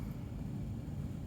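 A blue plastic corner tile on a Tornado V3 table is being handled, its peg lined up to interlock and push into the adjoining yellow corner tile. Only a steady low rumble and broadband hiss are heard, with no sharp transients. Nothing has seated or clicked yet.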